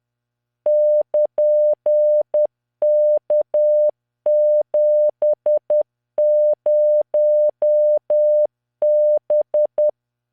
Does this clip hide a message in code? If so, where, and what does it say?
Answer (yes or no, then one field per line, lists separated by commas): yes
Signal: Morse code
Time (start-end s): 0.7-9.9 s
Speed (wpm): 10 wpm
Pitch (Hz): 600 Hz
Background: none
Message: <KN>K70B